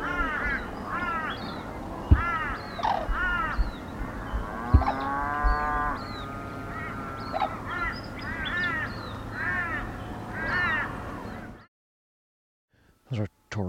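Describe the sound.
Sarus crane calling: loud, ringing arched notes repeated irregularly for about eleven seconds, including a longer drawn-out trumpeting phrase, before the sound cuts off.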